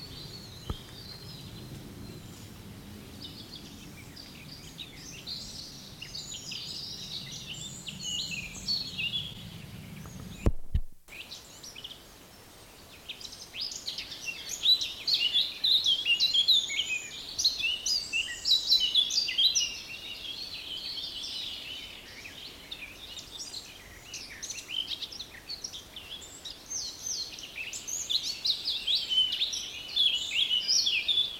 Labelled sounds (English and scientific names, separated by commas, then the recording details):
Eurasian Blackcap (Sylvia atricapilla)
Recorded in the wild
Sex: male
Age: adult
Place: Mühlenbeck, Brandenburg, DE
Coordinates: 52.667, 13.37
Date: 1992-05-23 11:55
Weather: 23-24°C, böiger Wind
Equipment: Nagra SN, Mikrofon AKG CK 8, Kopie Tesla B 116
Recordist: Tembrock, Günter